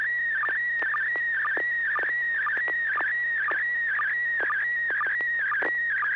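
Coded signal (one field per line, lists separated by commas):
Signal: SSTV (slow-scan television)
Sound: warbling tone sliding around 1.5-2.3 kHz with regular low sync blips, continuous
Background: low hum, radio noise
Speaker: so without objection uh here I go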